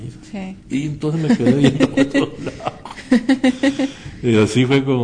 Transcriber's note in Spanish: risas